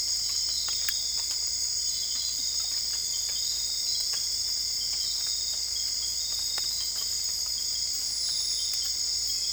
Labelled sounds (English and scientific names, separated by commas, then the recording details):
none
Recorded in dense forest near Puerto Asís, Putumayo, Colombia, on 26 December 2024 at 03:00
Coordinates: 0.485, -76.318
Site GP03